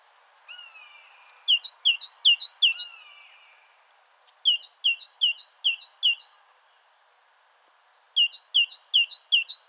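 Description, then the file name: Great tit song in three bursts of rhythmic two-note phrases, high then low, each burst of about five pairs separated by short pauses; a softer slurred whistle sounds early on. "Parus major"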